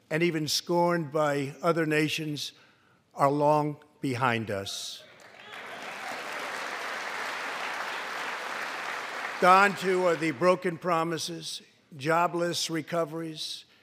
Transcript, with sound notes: and even scorned by other nations are long behind us. (Applause.) Gone too are the broken promises, jobless recoveries,